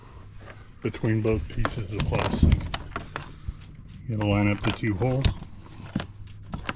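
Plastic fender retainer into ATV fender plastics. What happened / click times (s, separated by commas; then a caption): Plastic pieces handled and aligned, fastener not yet seated / none. A plastic fender retainer is handled against the overlapping fender plastics of a Yamaha Raptor 700 ATV while someone talks, with short sharp handling ticks and taps. The two holes between the plastic pieces are being lined up, and nothing has seated or clicked yet.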